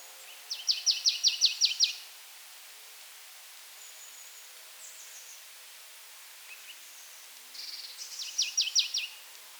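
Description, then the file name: Marsh tit giving two rapid series of high, repeated notes several seconds apart, with faint thin sounds in between. "Poecile palustris"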